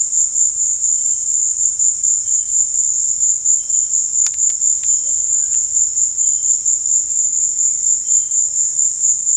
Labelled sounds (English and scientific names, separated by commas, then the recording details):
none
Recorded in dense forest near Puerto Asís, Putumayo, Colombia, on 22 December 2024 at 16:00
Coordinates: 0.468, -76.322
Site G071